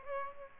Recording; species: mosquito wingbeat signal from an infrared sensor; Aedes aegypti